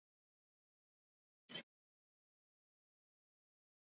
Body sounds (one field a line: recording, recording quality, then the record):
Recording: shallow breathing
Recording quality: moderate, slight background noise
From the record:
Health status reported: healthy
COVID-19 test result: negative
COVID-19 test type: RT-PCR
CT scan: not taken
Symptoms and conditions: fever, muscle pain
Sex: female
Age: 45 years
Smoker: no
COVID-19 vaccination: both doses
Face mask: worn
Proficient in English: yes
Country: India